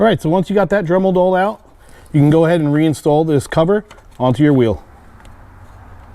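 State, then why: Not seated. A plastic steering wheel center cover is being handled to go back onto the steering wheel after being trimmed with a Dremel and cleaned up with a file. Someone talks, then there is quiet background with a faint tick at 5.2 s. Nothing has seated or clicked yet.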